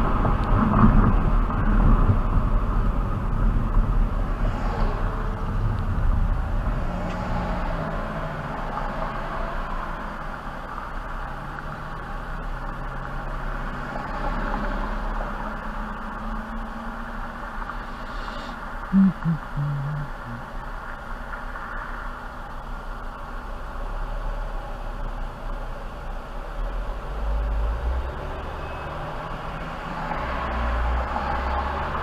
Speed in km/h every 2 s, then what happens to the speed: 45, 39, 31, 23, 13, 10, 6, 0, 0, 0, 0, 0, 0, 0, 0, 0.
0-13 slows to 0. 13-32 standing.